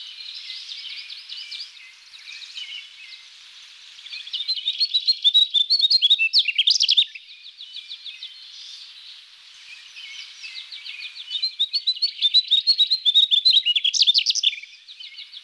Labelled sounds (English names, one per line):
Mugimaki Flycatcher song